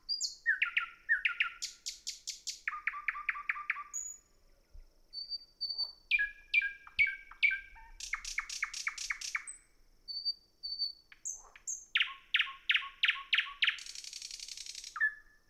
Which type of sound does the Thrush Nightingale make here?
song